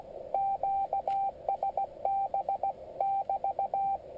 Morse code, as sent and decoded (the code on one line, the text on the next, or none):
--.- ... -... -...-
QSB<BT>